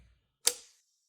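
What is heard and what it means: A 2nd-generation Apple Pencil stylus is placed against the magnetic connector on the side of a tablet to turn it on and activate it. A single sharp, bright snap is heard at 0.5 s as the magnet pulls it into place, then quickly fades. The stylus is seated on the connector.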